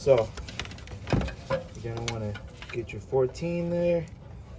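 A 14 mm socket on a breaker bar is being worked by feel onto the belt tensioner bolt head of a 2005-2020 Nissan Frontier during an alternator replacement. Someone talks throughout, with a few brief handling taps between about 0.6 and 1.2 s. Nothing has seated or clicked yet.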